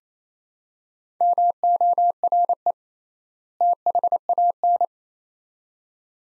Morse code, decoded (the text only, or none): MORE THAN